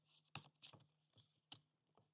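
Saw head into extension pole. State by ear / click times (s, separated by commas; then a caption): seated / 0.4 s. The saw head of a Saker cordless 2-in-1 pole saw and mini chainsaw is slotted onto the extension pole, and a sharp click at 0.4 s marks it locking in place. Softer handling rattles follow, with another sharp tap at 1.5 s. The head is locked on the pole.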